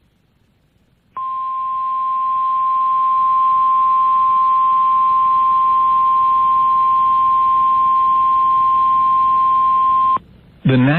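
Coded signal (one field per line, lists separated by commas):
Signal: Emergency Alert System (SAME) tones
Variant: 1050 Hz attention tone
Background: speech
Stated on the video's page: Real valid EAS severe thunderstorm and flash flood warnings for Laredo, Texas, captured from local FM stations.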